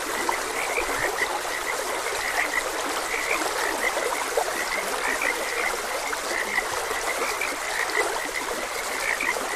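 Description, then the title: Frog chorus of quick croaking notes overlapping without pause, with a constant hiss of flowing water underneath. Frogs croaking beside a gentle stream. "Gentle Stream and Frogs Croaking"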